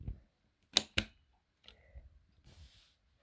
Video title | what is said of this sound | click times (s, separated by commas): my 'first' pc build | until you hear a click | 0.8 s, 1.0 s